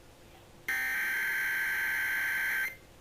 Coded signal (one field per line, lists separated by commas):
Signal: Emergency Alert System (SAME) tones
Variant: header bursts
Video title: EAS Severe Thunderstorm Watch 5 29 2020 2